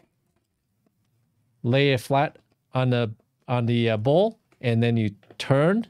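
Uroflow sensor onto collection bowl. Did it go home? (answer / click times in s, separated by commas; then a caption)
no / none. A uroflow sensor is placed flat on its collection bowl with its orange dot lined up with the unlock symbol, ready to be turned to lock. After a quiet start, someone talks from about 1.6 seconds to the end. Nothing has clicked or seated yet.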